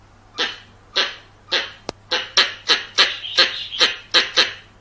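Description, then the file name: Squirrel giving harsh, rasping chirps, spaced out at first and then coming quicker, with one sharp click partway through and a steady low hum behind. "Tieng Soc Bong keu"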